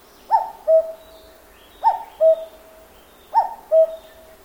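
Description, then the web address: Cuckoo calling a clear two-note cu-ckoo, the higher first note falling to a lower second, repeated three times about every one and a half seconds against quiet background. Japanese forest. "Sound Effects-Foundation 1 BIRD CUCKOO CALL JAPAN FOREST LOOP"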